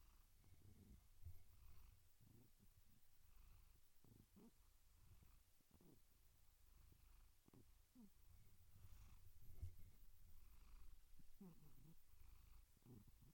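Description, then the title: Domestic cat purring softly and unevenly, a low rumble throughout. Gentle, rhythmic purring. "Relaxing Cat Meow Sounds"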